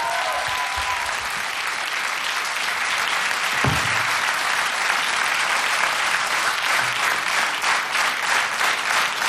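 Sustained studio audience applause for a band in the Agnieszka Osiecka studio of Polish Radio's Program Three, a dense wash of many hands clapping that holds steady and swells slightly toward the end, with no speech over it.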